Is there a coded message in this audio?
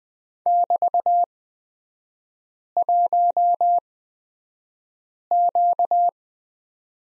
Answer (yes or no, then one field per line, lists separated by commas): yes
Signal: Morse code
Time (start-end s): 0.5-6.1 s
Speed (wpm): 20 wpm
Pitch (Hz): 700 Hz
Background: none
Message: <BT>1Q